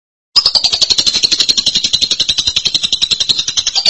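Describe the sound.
Lovebird song: continuous fast, harsh, buzzy chattering at a high pitch, pulsing rapidly without a break.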